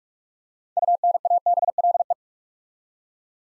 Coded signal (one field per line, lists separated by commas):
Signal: Morse code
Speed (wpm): 44 wpm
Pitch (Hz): 700 Hz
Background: none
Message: UNABLE